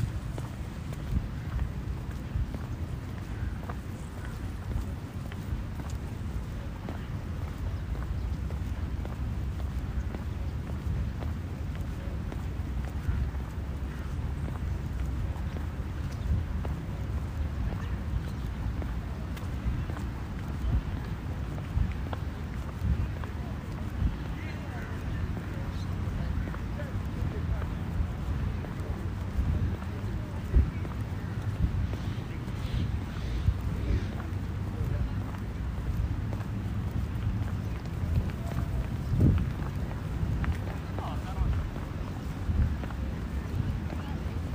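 A steady low rumble of a bus or metro ride runs throughout, with faint murmuring voices and occasional soft clicks and knocks.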